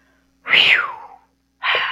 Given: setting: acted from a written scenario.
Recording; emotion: vocal sound without words; contentment